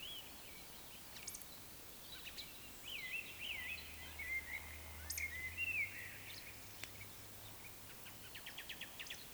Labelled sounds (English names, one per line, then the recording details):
Eurasian Woodcock whistle
Eurasian Woodcock croak
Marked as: croak, whistle, croak, whistle, croak, whistle
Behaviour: display flight
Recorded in Baden-Württemberg, Germany, on 31 May 2021 at 19:49 UTC
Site 24606, 635 m above sea level